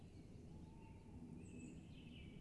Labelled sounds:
Tawny Owl (Strix aluco)

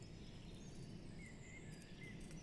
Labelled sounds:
Common Blackbird (Turdus merula)

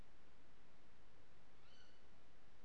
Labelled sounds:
Tawny Owl (Strix aluco)

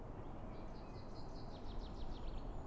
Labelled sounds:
Common Chaffinch (Fringilla coelebs)

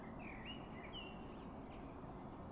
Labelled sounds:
Eurasian Blue Tit (Cyanistes caeruleus)

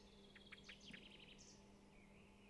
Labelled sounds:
Common Chaffinch (Fringilla coelebs)

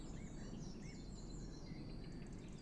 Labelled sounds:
Eurasian Blue Tit (Cyanistes caeruleus)

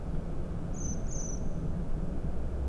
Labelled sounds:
Common Blackbird (Turdus merula)

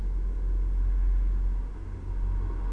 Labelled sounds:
none

